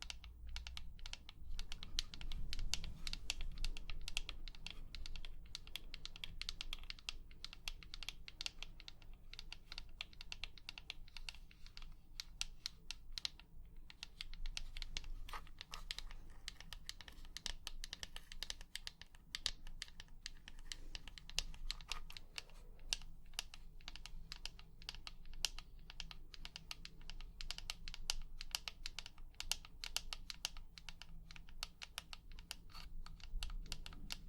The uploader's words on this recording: ASMR 100% Tapping For SleepRelaxation (Long Nails).